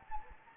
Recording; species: mosquito wingbeat signal from an infrared sensor; Anopheles gambiae